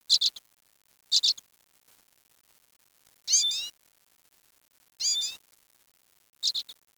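Bird giving high chirps in pairs and triplets, interspersed with two longer sweeping, harmonic-rich notes. Five separate bursts with quiet gaps between them.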